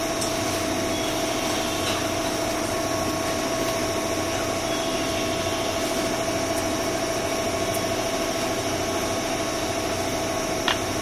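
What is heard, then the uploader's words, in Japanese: A JR 201 series train runs steadily, with a constant low rumble and a thin, unwavering whine held at one pitch throughout. A faint high hiss sits above it, and a few light clicks break through, including a sharper one near the end. JR201系 桃谷〜桃谷。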